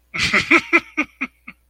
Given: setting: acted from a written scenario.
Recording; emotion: vocal sound without words; amusement